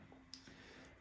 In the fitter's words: by firmly pushing on the lid until you hear a click